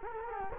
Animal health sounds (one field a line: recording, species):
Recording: mosquito wingbeat signal from an infrared sensor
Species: Culex quinquefasciatus